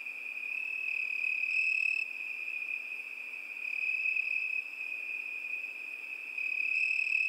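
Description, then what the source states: Crickets chirping: a steady, high, continuous trill with faint higher overtones, its loudness stepping up and down in blocks; no other sounds stand out. Crickets at night.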